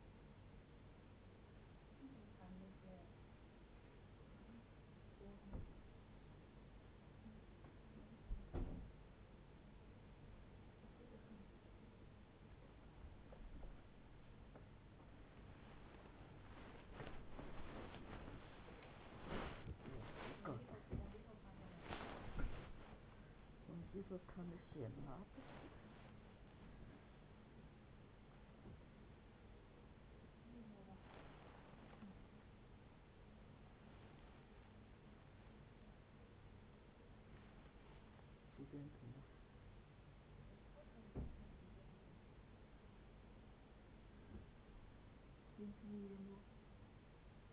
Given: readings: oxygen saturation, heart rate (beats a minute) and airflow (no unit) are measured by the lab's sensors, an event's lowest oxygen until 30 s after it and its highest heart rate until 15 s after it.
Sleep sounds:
a person awake in a sleep study, by a voice recorder at the bedside; none
0.00-47.53 s: awake
From the record:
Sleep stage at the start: awake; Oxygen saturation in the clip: 94 to 96%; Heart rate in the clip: 52 to 102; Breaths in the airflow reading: 15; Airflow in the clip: -12.9 to 12.7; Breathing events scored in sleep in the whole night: 496 in 5.4 hours asleep

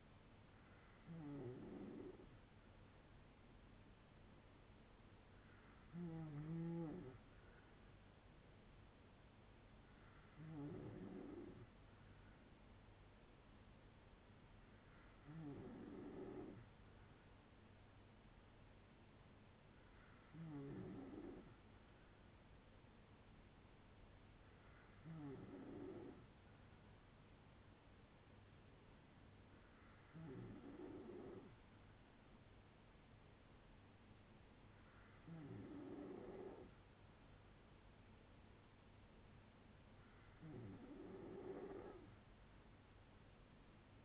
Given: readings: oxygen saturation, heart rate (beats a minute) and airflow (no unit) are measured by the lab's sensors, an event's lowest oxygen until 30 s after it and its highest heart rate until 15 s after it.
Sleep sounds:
breathing in sleep by a voice recorder at the bedside; none
none scored
From the record:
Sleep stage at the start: N3 (deep sleep); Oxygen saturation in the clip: 94 to 95%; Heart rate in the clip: 54 to 74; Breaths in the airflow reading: 9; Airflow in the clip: -6.6 to 4.3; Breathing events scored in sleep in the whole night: 182 in 7.4 hours asleep

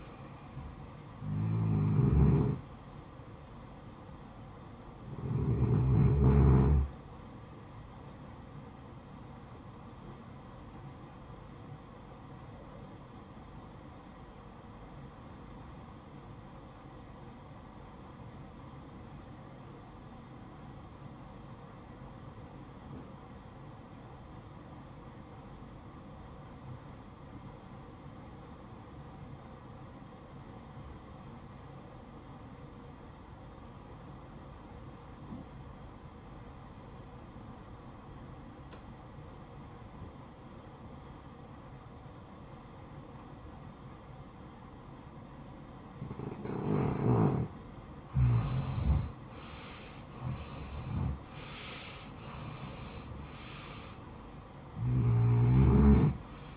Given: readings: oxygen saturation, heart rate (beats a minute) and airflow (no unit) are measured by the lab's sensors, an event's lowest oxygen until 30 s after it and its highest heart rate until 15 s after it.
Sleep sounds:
breathing in sleep by a smartphone at the bedside; 1
14.00-48.10 s: obstructive apnea (REM, oxygen 95% highest, then 81% lowest, heart rate 68 at the start, 76 highest)
From the record:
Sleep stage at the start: REM sleep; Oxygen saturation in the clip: 80 to 95%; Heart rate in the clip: 57 to 76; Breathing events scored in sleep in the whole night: 573 in 9.8 hours asleep

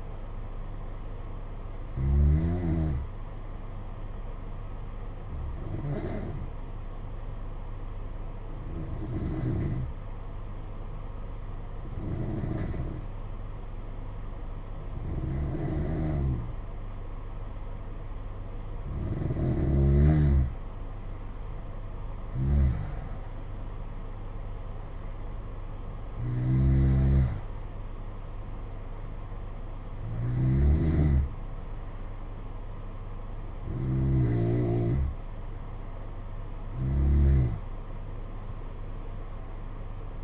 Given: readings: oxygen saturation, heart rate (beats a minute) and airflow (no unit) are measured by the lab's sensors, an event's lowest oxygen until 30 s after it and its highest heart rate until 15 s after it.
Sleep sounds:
breathing in sleep by a smartphone at the bedside; 1
7.00-24.10 s: hypopnea (N2, oxygen 94% highest, then 90% lowest, heart rate 55 at the start, 65 highest)
From the record:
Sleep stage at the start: N2 (light sleep); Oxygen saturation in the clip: 90 to 94%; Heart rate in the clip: 54 to 65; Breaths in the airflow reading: 11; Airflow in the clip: -6.7 to 7.2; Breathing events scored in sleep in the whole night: 476 in 9.7 hours asleep

